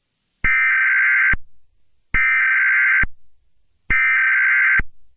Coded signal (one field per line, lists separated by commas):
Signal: Emergency Alert System (SAME) tones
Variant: header bursts